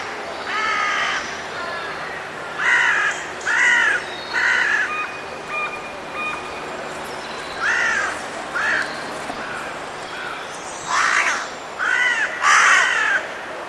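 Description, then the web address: Bird: harsh, hoarse caws from a bird repeated irregularly throughout, some paired or in short runs, with a faint thin tone midway and steady background hiss. "cianscape. Deverinetal 2025. Bird Only"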